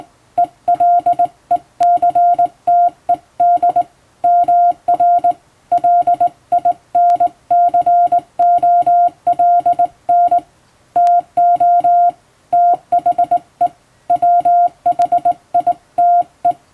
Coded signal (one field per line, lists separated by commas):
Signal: Morse code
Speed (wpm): 20 wpm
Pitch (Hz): 700 Hz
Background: music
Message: ELECTED MR LINCOLN TO THE WHITE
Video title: モールスの基本的な打ち方！綺麗な手打ちモールス符号で送信しよう！欧文モールス信号を電報練習帳で打ってみました！YouTubeの再生速度を調整して聴いてみよう(morse code practice)